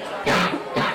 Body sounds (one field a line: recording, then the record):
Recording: coughing mixed with background sound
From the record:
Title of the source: Barking cough - # 10